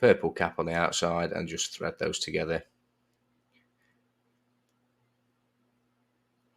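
Someone talks for about the first 2.6 seconds while a purple plastic filter cover cap is lined up on the threaded bar in the middle of a Dyson DC40 vacuum cleaner filter and screwed on by hand. After that the clip is nearly silent except for a faint tick around 3.6 seconds. The cap is being threaded on and has not clicked into place yet.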